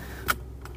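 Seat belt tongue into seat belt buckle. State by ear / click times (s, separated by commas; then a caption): seated / 0.3 s. A car seat belt tongue is pushed into its buckle during a pre-MOT belt check and clicks in at 0.3 s, confirming it has seated. Two fainter short clicks follow at about 0.65 s and 0.8 s over a low background rumble.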